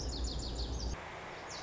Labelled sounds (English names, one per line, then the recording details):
Lazuli Bunting
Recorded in Sonoma County, California